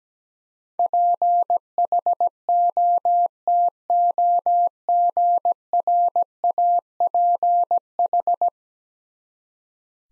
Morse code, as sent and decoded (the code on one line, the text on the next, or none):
.--. .... --- - --- --. .-. .- .--. ....
PHOTOGRAPH